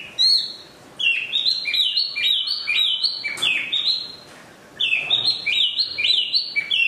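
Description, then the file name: Chinese hwamei song: runs of loud upslurred whistled notes in quick succession, broken by brief pauses, then another rapid run. Used for training cage birds (omkicau). "audio-hwamei-mini-2-omkicau"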